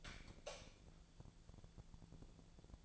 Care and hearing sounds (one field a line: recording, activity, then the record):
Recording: daily activity, microphone in the room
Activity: light off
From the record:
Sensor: 5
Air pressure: 1000.2 hPa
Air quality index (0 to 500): 97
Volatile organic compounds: 1 ppm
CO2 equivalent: 790 ppm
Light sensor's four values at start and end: 209/500/213/234 and 207/494/211/232